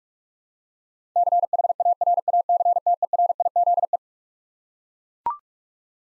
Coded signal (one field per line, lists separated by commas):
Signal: Morse code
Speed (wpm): 41 wpm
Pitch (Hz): 700 Hz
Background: none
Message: CHARACTERIZE